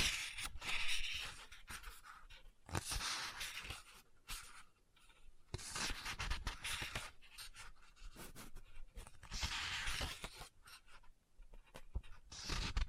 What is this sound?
Book Tapping, Scratching, Page Turning